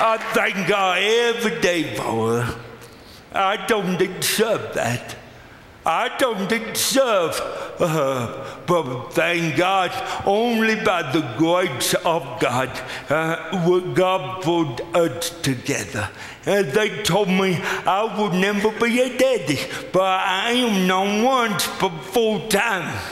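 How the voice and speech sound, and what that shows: Slow, emotional, passionate speech from an adult man with cerebral palsy since birth, with stretched sounds and creaky, devoiced endings, consistent with dysarthria from cerebral palsy.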